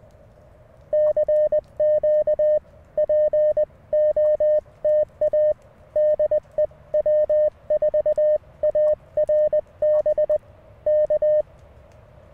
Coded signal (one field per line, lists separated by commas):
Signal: Morse code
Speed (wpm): 20 wpm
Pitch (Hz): 610 Hz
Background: none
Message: CQ POTA DEW4ARB K